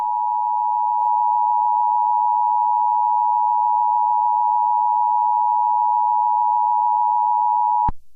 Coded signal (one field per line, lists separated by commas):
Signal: Emergency Alert System (SAME) tones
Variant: 853 and 960 Hz attention tone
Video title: EAS Scenario #2 - A DESTRUCTIVE TORNADO!